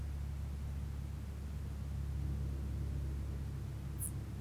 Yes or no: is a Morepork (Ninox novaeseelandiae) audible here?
no